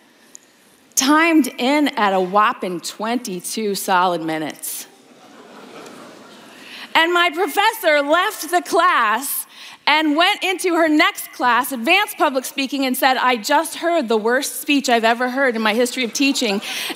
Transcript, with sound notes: It timed in at a whopping twenty-two solid minutes! (laughter) And my professor left the class and went into her next class, Advanced Public Speaking, and said, “I just heard the worst speech I’ve ever heard in my history of teaching...